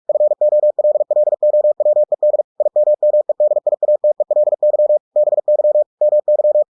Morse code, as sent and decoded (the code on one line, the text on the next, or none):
..-. --- .-.. .-.. --- .-- . -.. / .. -- -- . -.. .. .- - . .-.. -.-- / -... -.-- / -- -.--
FOLLOWED IMMEDIATELY BY MY